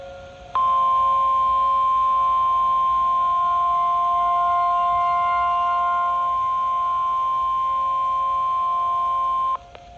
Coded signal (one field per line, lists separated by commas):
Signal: Emergency Alert System (SAME) tones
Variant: 1050 Hz attention tone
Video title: (EAS #488) Tornado Warning for Green and Rock, Wisconsin